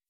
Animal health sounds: hydrophone in a shrimp aquaculture tank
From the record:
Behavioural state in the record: weakened

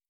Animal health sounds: hydrophone in a shrimp aquaculture tank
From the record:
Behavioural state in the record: starved

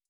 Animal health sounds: hydrophone in a shrimp aquaculture tank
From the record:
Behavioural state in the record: starved

